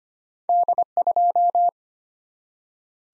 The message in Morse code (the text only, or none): D2